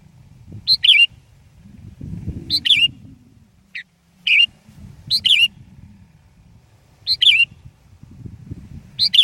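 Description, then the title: Sooty-headed bulbul repeating short bright bubbly phrases at uneven intervals, with one lone extra note between them, over soft low background noise. "kutilang"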